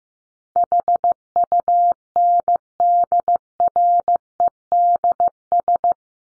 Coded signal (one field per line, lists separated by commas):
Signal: Morse code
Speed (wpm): 15 wpm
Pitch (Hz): 700 Hz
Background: none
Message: HUNDREDS